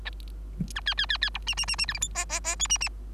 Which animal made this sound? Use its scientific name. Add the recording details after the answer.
Lonchura striata domestica. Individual Bird3